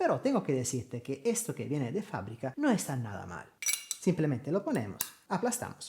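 A factory water filter is put into a HiBREW H10A espresso machine and pressed down while someone talks, with light clinks of handling underneath the speech. The clip ends before the filter goes home, so nothing has seated or clicked yet.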